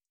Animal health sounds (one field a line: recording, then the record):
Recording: hydrophone in a shrimp aquaculture tank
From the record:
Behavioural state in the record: feeding